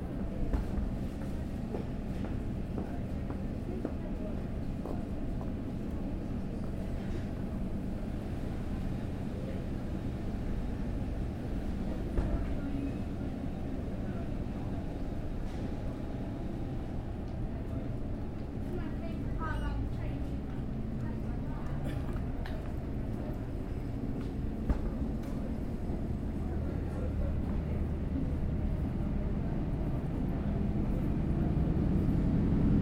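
A railway station platform with a steady low rumble of idling engines and machinery filling the whole recording. Indistinct voices murmur in the background, with occasional clicks and brief chirping sounds around the middle, and the rumble grows slightly louder toward the end.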